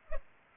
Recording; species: mosquito wingbeat signal from an infrared sensor; Culex pipiens